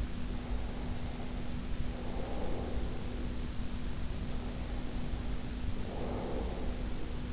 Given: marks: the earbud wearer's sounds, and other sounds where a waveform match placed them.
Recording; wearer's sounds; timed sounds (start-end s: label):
sounds in sleep by an in-ear microphone; breath
0.25-3.59 s: breath
4.02-7.33 s: breath